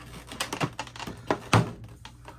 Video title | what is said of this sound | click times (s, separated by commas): NCC-1701 USS Enterprise 2022 Playmates Star Trek Original Starship Action Vehicle Unboxing Spotlight | The nacelles pop right out. | 1.5 s